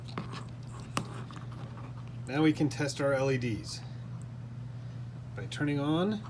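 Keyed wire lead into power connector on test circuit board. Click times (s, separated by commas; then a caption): 1.0 s. A keyed wire lead is slid into the power connector on a test circuit board and clicks into place at 0.97 s, a sharp click over a steady low hum. Someone then talks. The lead is seated.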